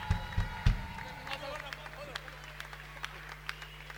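Scattered audience applause, with a few heavy thumps at the start and then sparse, irregular claps over a low steady hum and faint crowd murmur.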